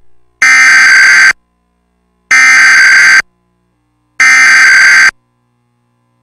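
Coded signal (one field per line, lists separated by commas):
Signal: Emergency Alert System (SAME) tones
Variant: header bursts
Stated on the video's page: Required Monthly Test carried on Charter Spectrum cable, with very loud tones.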